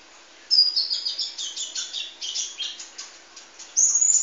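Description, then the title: Oriental magpie-robin song: a rapid scratchy chatter of buzzy notes, ending with a high thin whistle. "Kicau Kacer"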